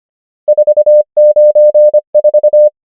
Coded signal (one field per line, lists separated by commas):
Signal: Morse code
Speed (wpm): 25 wpm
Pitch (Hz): 600 Hz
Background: none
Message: 4 9 4